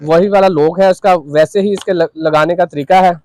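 Someone talks while handling the zipper lock latch on a Delsey hard-shell suitcase, showing how the lock is set. Nothing has clicked or seated yet.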